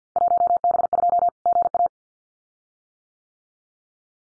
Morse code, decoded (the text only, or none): 1B2 GA